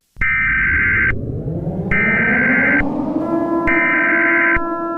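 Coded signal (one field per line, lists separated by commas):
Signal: Emergency Alert System (SAME) tones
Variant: header bursts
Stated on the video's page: Simulated EAS scenario.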